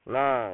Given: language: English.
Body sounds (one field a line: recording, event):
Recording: throat vibration sensor signal played as sound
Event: speech